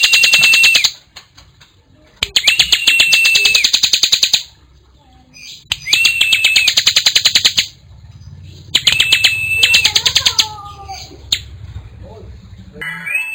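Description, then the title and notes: Bar-winged prinia singing fast, even trills in several long bursts, each carrying a steady high whistled tone, separated by short pauses and softer chirps. Collection of ciblek sounds in 'gacor' (full, continuous song) form, including young birds (anakan). "Kicau Ciblek new. kumpulan suara burung ciblek gacor dan anakan"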